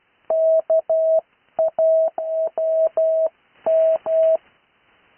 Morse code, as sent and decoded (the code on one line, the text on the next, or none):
-.- .- .-- --
KAWM